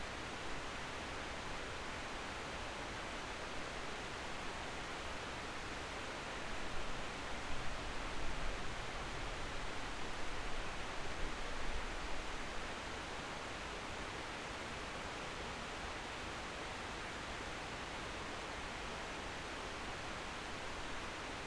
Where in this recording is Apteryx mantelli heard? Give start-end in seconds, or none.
none